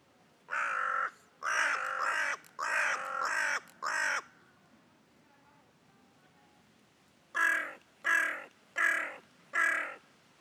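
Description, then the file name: Carrion Crow cawing: a run of four harsh, drawn-out caws, a pause of about three seconds, then four shorter caws in quick succession. "Corvus corone"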